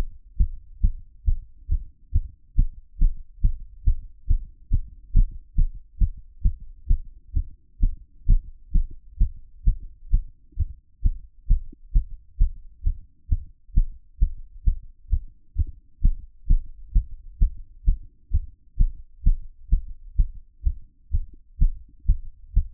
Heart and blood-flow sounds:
heart sounds by stethoscope; 132 bpm
0.36 s: heartbeat
0.80 s: heartbeat
1.24 s: heartbeat
1.67 s: heartbeat
2.11 s: heartbeat
2.54 s: heartbeat
2.98 s: heartbeat
3.41 s: heartbeat
3.83 s: heartbeat
4.26 s: heartbeat
4.69 s: heartbeat
5.12 s: heartbeat
5.55 s: heartbeat
5.98 s: heartbeat
6.41 s: heartbeat
6.86 s: heartbeat
7.32 s: heartbeat
7.79 s: heartbeat
8.25 s: heartbeat
8.71 s: heartbeat
9.17 s: heartbeat
9.63 s: heartbeat
10.09 s: heartbeat
10.55 s: heartbeat
11.01 s: heartbeat
11.46 s: heartbeat
11.92 s: heartbeat
12.37 s: heartbeat
12.82 s: heartbeat
13.28 s: heartbeat
13.73 s: heartbeat
14.18 s: heartbeat
14.63 s: heartbeat
15.09 s: heartbeat
15.54 s: heartbeat
16.00 s: heartbeat
16.46 s: heartbeat
16.92 s: heartbeat
17.38 s: heartbeat
17.84 s: heartbeat
18.30 s: heartbeat
18.76 s: heartbeat
19.22 s: heartbeat
19.68 s: heartbeat
20.15 s: heartbeat
20.62 s: heartbeat
21.10 s: heartbeat
21.57 s: heartbeat
22.05 s: heartbeat
22.53 s: heartbeat
From the record:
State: after exercise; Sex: male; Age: 42 years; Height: 186 cm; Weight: 80 kg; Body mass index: 23.12

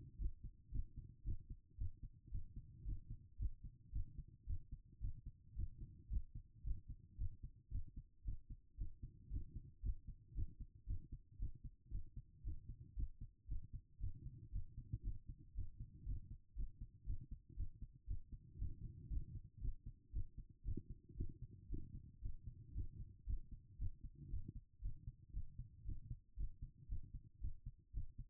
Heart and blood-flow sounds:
heart sounds by stethoscope; 115 bpm
0.17 s: heartbeat
0.70 s: heartbeat
1.23 s: heartbeat
1.76 s: heartbeat
2.29 s: heartbeat
2.83 s: heartbeat
3.37 s: heartbeat
3.90 s: heartbeat
4.45 s: heartbeat
4.99 s: heartbeat
5.53 s: heartbeat
6.08 s: heartbeat
6.62 s: heartbeat
7.16 s: heartbeat
7.69 s: heartbeat
8.23 s: heartbeat
8.76 s: heartbeat
9.28 s: heartbeat
9.80 s: heartbeat
10.33 s: heartbeat
10.85 s: heartbeat
11.37 s: heartbeat
11.89 s: heartbeat
12.42 s: heartbeat
12.94 s: heartbeat
13.46 s: heartbeat
13.98 s: heartbeat
14.50 s: heartbeat
15.01 s: heartbeat
15.53 s: heartbeat
16.03 s: heartbeat
16.54 s: heartbeat
17.04 s: heartbeat
17.54 s: heartbeat
18.05 s: heartbeat
18.56 s: heartbeat
19.08 s: heartbeat
19.59 s: heartbeat
20.11 s: heartbeat
20.63 s: heartbeat
21.15 s: heartbeat
21.67 s: heartbeat
22.20 s: heartbeat
22.72 s: heartbeat
23.24 s: heartbeat
23.76 s: heartbeat
24.28 s: heartbeat
24.80 s: heartbeat
25.31 s: heartbeat
25.83 s: heartbeat
26.35 s: heartbeat
26.87 s: heartbeat
27.39 s: heartbeat
27.92 s: heartbeat
From the record:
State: after exercise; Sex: female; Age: 36 years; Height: 178 cm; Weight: 74 kg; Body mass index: 23.36

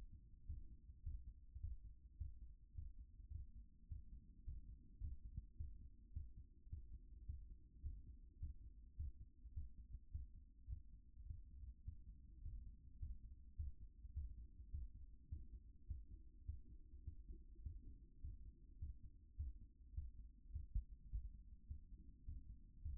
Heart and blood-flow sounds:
heart sounds by stethoscope; 105 bpm
0.45 s: heartbeat
1.03 s: heartbeat
1.60 s: heartbeat
2.17 s: heartbeat
2.74 s: heartbeat
3.31 s: heartbeat
3.87 s: heartbeat
4.44 s: heartbeat
5.00 s: heartbeat
5.56 s: heartbeat
6.12 s: heartbeat
6.68 s: heartbeat
7.25 s: heartbeat
7.82 s: heartbeat
8.38 s: heartbeat
8.96 s: heartbeat
9.53 s: heartbeat
10.11 s: heartbeat
10.68 s: heartbeat
11.26 s: heartbeat
11.84 s: heartbeat
12.41 s: heartbeat
12.98 s: heartbeat
13.56 s: heartbeat
14.13 s: heartbeat
14.70 s: heartbeat
15.28 s: heartbeat
15.86 s: heartbeat
16.45 s: heartbeat
17.03 s: heartbeat
17.62 s: heartbeat
18.20 s: heartbeat
18.78 s: heartbeat
19.36 s: heartbeat
19.93 s: heartbeat
20.51 s: heartbeat
21.09 s: heartbeat
21.67 s: heartbeat
22.24 s: heartbeat
22.81 s: heartbeat
From the record:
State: after exercise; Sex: male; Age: 53 years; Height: 175 cm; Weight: 88 kg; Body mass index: 28.73

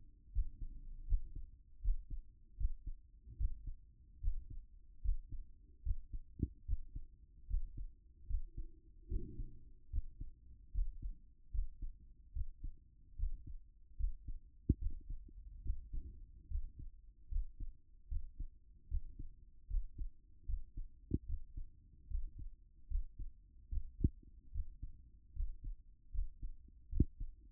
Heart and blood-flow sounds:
heart sounds by stethoscope; 74 bpm
0.31 s: heartbeat
1.06 s: heartbeat
1.80 s: heartbeat
2.56 s: heartbeat
3.36 s: heartbeat
4.20 s: heartbeat
5.01 s: heartbeat
5.82 s: heartbeat
6.64 s: heartbeat
7.46 s: heartbeat
8.26 s: heartbeat
9.07 s: heartbeat
9.89 s: heartbeat
10.71 s: heartbeat
11.50 s: heartbeat
12.32 s: heartbeat
13.15 s: heartbeat
13.96 s: heartbeat
14.78 s: heartbeat
15.61 s: heartbeat
16.47 s: heartbeat
17.28 s: heartbeat
18.07 s: heartbeat
18.87 s: heartbeat
19.66 s: heartbeat
20.45 s: heartbeat
21.25 s: heartbeat
22.06 s: heartbeat
22.87 s: heartbeat
23.68 s: heartbeat
24.51 s: heartbeat
25.32 s: heartbeat
26.10 s: heartbeat
26.88 s: heartbeat
From the record:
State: after exercise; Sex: male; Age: 28 years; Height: 182 cm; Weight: 70 kg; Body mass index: 21.13

